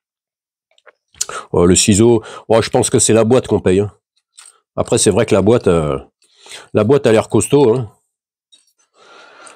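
Someone talks while handling the lid of a small plastic sewing kit box, with a few faint taps near the start. The lid has not clipped shut yet.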